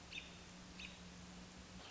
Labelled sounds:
American Robin

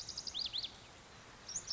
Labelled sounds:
Lazuli Bunting

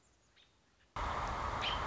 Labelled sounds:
American Robin

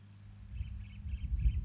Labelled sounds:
California Towhee

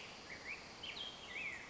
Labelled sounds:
Black-headed Grosbeak

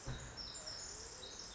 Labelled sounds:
Pacific Wren

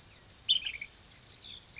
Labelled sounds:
Ash-throated Flycatcher

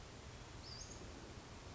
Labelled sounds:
Western Flycatcher

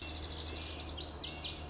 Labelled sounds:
Lazuli Bunting

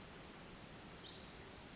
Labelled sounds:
Pacific Wren

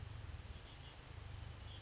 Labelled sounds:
Oak Titmouse

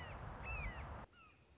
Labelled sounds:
Red-shouldered Hawk

